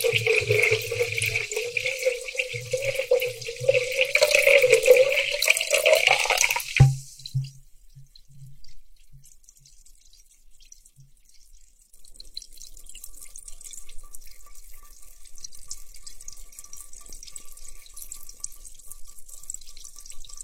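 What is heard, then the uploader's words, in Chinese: Water runs into a large glass bowl for about seven seconds, the pitch rising steadily as it fills, with low gurgling underneath. The pour stops abruptly, leaving a few drips, then a soft, fine fizzing like carbonation continues to the end. 水和玻璃的声音。巨大玻璃碗（水、碳酸、果冻、吸管）。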